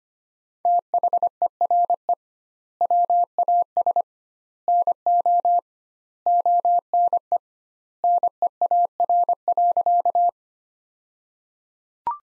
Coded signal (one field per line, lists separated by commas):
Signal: Morse code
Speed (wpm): 25 wpm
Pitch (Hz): 700 Hz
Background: none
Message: THERE WAS NO ONE NEAR.